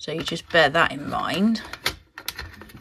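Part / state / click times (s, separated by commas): plastic part of the rear paper-path unit into an inkjet printer / seated / 2.3 s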